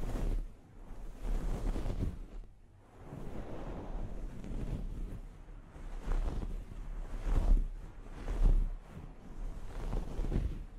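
A scalp massage during a hair wash, heard as a continuous wet, rushing swish that swells and fades every second or two. A deep rumble runs underneath. There's a short lull near the start, and the strongest surges come around the eighth and ninth seconds.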